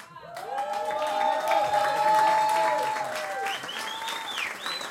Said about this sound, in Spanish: quiero pedir un fuerte aplauso para los chicos de …